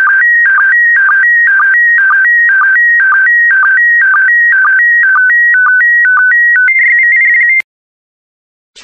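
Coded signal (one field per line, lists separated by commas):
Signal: SSTV (slow-scan television)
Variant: PD120 mode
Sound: warbling electronic tone jumping between two pitches with short low blips, then silence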